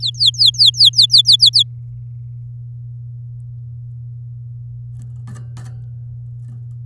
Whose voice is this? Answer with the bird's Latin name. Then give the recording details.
Serinus canaria. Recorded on 10 May 2018 at 09:39. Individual llb16